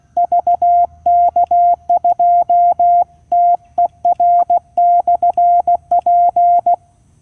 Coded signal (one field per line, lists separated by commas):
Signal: Morse code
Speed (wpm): 16 wpm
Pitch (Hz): 700 Hz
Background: none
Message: VK2TER/P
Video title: Unsuccessful SOTA activation due to QSB and rain - QRP CW using QCX-mini - Mt Elliot (VK2/HU-093)